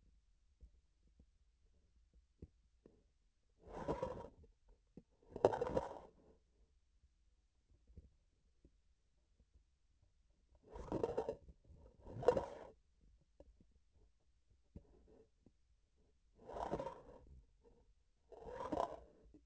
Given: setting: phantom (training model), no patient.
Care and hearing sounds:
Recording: laparoscopic instrument, vibration sensor on the handle end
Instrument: grasping forceps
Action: approaching and retracting movements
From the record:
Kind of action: spatial motion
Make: other than Olympus

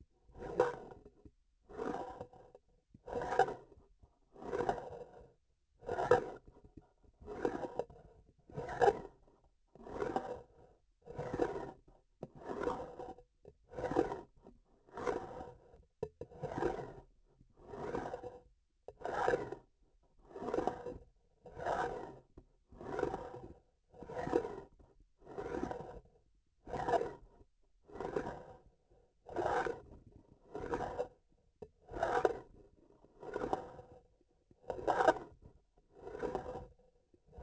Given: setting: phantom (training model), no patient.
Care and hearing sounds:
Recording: laparoscopic instrument, vibration sensor on the handle end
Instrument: grasping forceps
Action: approaching and retracting movements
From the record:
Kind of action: spatial motion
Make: Olympus

